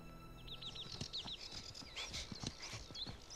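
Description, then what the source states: Robin song: a run of short, high, down-slurred whistled notes repeated in quick series, over a background of scattered clattering, hoof-like knocks. Recorded in June 2018.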